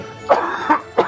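Adult man. Cough during a cold caught from a sick child, which is settling in his chest.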